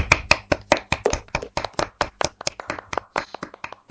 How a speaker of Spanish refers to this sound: Así que para todos vosotros, de parte de estos tres, va este aplauso.